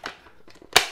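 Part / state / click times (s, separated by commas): dust bin onto stick vacuum body / seated / 0.8 s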